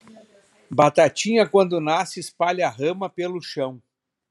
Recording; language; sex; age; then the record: short text; Brazilian Portuguese; male; 50 to 59 years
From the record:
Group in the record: control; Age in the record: 56 years